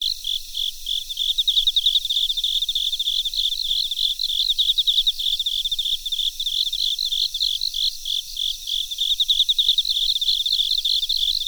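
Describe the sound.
Cricket chirping: shrill, evenly pulsed chirps repeating quickly and without pause from start to finish.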